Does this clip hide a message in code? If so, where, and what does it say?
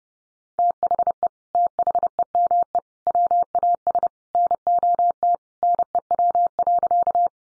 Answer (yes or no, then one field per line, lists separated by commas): yes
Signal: Morse code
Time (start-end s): 0.6-7.3 s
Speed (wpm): 30 wpm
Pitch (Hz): 700 Hz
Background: none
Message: THE THEME WAS NOT NEW.